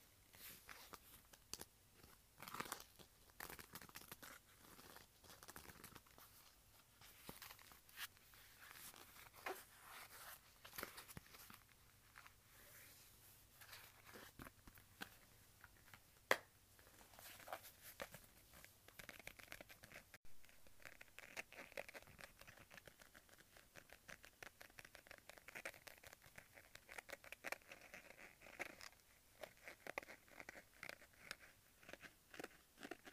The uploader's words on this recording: ASMR Leather Wallet Sounds.